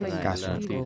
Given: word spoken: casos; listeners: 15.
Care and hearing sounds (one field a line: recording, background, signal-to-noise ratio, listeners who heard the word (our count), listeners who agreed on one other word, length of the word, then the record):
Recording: one Spanish word in noise, from a listening test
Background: four-talker babble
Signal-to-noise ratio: 0.9 dB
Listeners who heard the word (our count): 1 of 15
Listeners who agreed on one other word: 12 of 15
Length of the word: 0.45 s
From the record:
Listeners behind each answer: 12, 1, 1, 1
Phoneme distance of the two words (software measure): 7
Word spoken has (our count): 2 syllables, 5 phonemes, stress on syllable 1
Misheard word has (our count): 2 syllables, 4 phonemes, stress on syllable 1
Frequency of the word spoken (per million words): 247.74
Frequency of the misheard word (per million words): 635.68